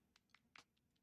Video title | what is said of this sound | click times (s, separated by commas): Creative Stream - Gunpla Light Type Guncannon - Jan 19th Stream | That just snaps right in, perfect. | 0.6 s